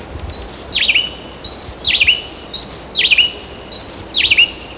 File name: plainwrn